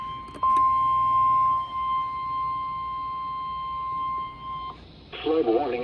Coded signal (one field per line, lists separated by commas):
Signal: Emergency Alert System (SAME) tones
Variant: 1050 Hz attention tone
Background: speech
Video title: Storms, Floods, And Blacksburg Being Slow || EAS Alerts from 7/25-8/1/22 || EAS 343-366